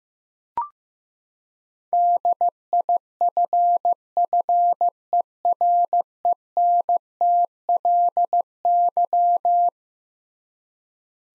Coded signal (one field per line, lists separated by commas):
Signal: Morse code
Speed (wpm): 15 wpm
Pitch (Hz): 700 Hz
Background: none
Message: DIFFERENTLY